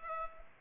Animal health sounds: mosquito wingbeat signal from an infrared sensor; Culex pipiens

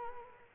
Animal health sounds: mosquito wingbeat signal from an infrared sensor; Culex quinquefasciatus

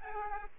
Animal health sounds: mosquito wingbeat signal from an infrared sensor; Aedes aegypti

